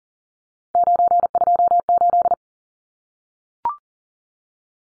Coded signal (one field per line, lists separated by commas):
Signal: Morse code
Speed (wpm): 40 wpm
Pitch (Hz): 700 Hz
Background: none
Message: 928